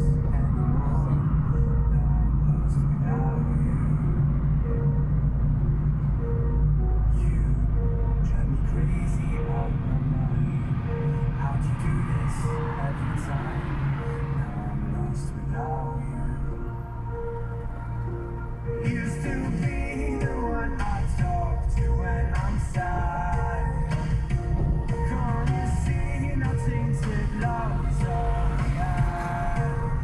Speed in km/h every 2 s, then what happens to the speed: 51, 50, 49, 47, 41, 37, 28, 12, 2, 3, 5, 3, 4, 21, 26.
0-16 slows to 2. 16-24 steady at about 3. 24-30 speeds up to 26.